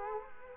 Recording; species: mosquito wingbeat signal from an infrared sensor; Culex quinquefasciatus